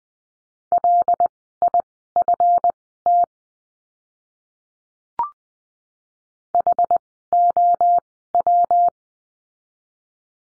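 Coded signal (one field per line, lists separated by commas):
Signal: Morse code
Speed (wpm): 20 wpm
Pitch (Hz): 700 Hz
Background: none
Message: LIFT HOW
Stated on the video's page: Morse code course lesson on letter F words, at Farnsworth speed of 20/10 wpm.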